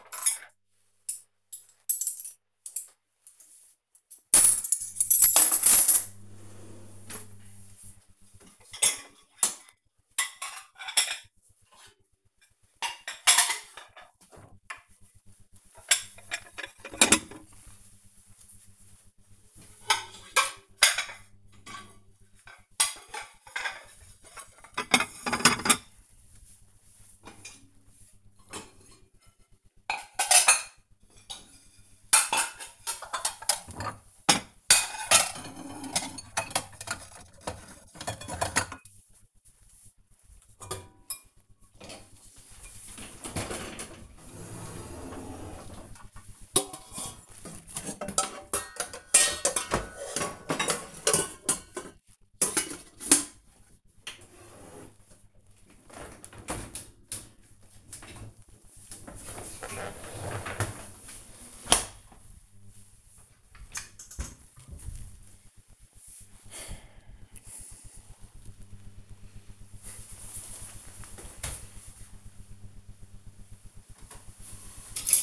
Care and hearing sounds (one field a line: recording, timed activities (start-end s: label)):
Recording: household activities, microphone on the right wrist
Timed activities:
0.00-61.20 s: cleaning out the dishwasher
73.28-75.23 s: putting away the dishes